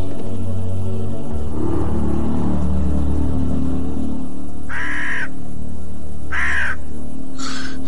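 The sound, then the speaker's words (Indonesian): Three harsh caws from carrion birds filling a village ring out in the second half, spaced a second or so apart, over a steady low rumble like an idling engine. No one speaks. “Sebuah desa yang kelihatan dipenuhi oleh burung-burung pemakan bangkai.”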